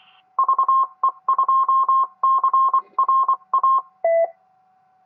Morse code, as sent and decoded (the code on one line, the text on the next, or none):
...- . ..--- -.-. .-. .-
VE2CRA